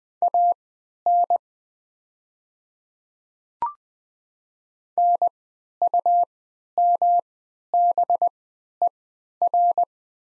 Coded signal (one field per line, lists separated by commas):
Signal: Morse code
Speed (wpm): 20 wpm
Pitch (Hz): 700 Hz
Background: none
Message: AN NUMBER